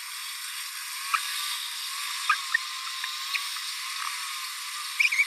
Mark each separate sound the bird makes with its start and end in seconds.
1.13-1.18, 2.29-2.35, 3.34-3.37, 4.99-5.08, 5.11-5.25